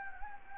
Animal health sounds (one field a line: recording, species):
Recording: mosquito wingbeat signal from an infrared sensor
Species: Anopheles gambiae